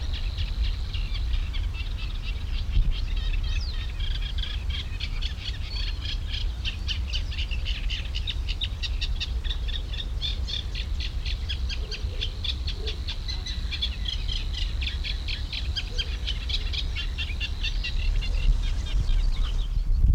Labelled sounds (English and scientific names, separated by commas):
Eurasian Reed Warbler (Acrocephalus scirpaceus)